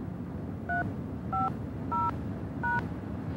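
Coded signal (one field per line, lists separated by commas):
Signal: DTMF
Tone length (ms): 180 ms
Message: 350#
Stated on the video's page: Touch-tone buttons dialed on a pay phone to enter starting and destination addresses into a computer direction system.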